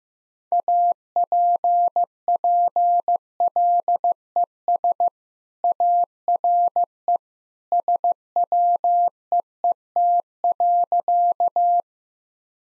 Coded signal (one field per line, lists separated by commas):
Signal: Morse code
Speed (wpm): 15 wpm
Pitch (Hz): 700 Hz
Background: none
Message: APPLES ARE SWEET.